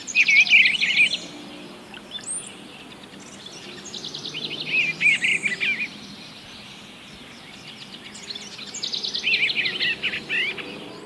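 Eastern bluebird calls, short warbled phrases coming in three bursts several seconds apart over a steady hiss of background noise.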